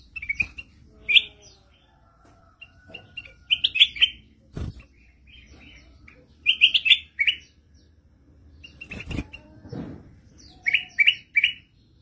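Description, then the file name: Bulbul song: short bursts of lively chirped phrases repeated every few seconds, separated by scattered single notes and a few sharp clicks. "suara kutilang mas"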